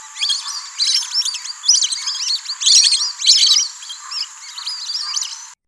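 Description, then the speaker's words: Lesser whistling duck calls, shrill high whistled notes in rapid bursts, repeated throughout. Noisy flight with rapid wing beats and shrill whistling notes that sound like 'seasick, seasick'; social tree-nesting bird of shallow water bodies, resident throughout India; recording by Eveny Luis, XC178554. "Their flight is noisy, characterized by rapid wing beats accompanied by shrill whistling notes that sound like seasick, seasick, seasick, seasick."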